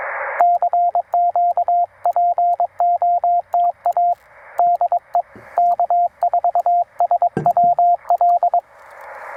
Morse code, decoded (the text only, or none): CQ POTA DE K4SWL